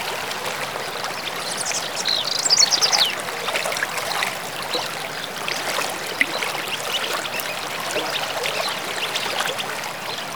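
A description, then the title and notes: A river runs steadily throughout, a dense, even wash of bubbling and splashing water with a bright, crackling texture and little low rumble. Around two to three seconds a brief high chirping of birds rises above the flow, then the water continues unchanged. Pure nature-river sound + birds chirping ambience. River + birds chirping ambience.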